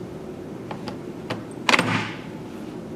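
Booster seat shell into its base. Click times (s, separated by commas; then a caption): 1.7 s. The wheels on a Graco Nautilus SnugLock booster seat shell are lined up with the seat base and pushed in until they lock. A few soft handling taps come first, then one sharp, loud click at 1.7 s shows the shell is fully connected and seated in its base.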